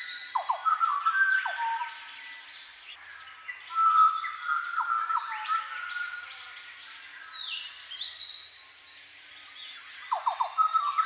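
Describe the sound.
Bird song: a dense, overlapping mix of whistles, trills and quick downslurred chirps, with louder bursts near the start, around four seconds and at the end.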